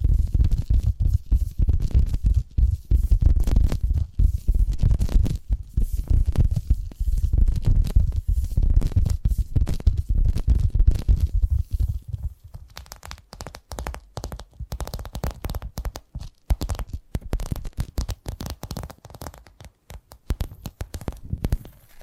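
Tapping triggers form a dense, fast stream of small taps and scratchy contacts with a heavy low thump underneath. Around twelve seconds the low rumble drops away and the taps turn lighter, sharper and more separated, continuing at a quick, uneven pace.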